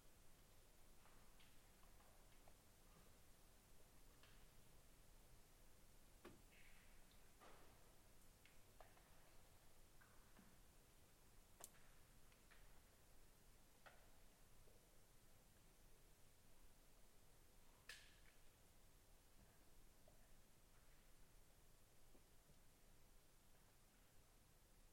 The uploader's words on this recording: Long duration soundscape recordings made at my home, a rural property 22 KM west of the village of South River, Ontario, Canada. Based on recordings made through the month of February. I mounted two DPA 4060 miniature omni-directional microphones on either side of a sheet of plywood and then in most cases clamped that plywood under the overhang of a small out-building.